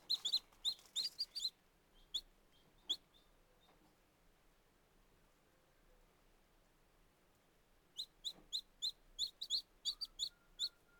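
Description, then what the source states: Chicken chicks peeping: a burst of bright, high peeps, then a long quiet stretch with a few scattered notes, then another rapid run of peeps. Very young chicks.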